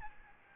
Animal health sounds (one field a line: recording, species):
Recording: mosquito wingbeat signal from an infrared sensor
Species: Aedes albopictus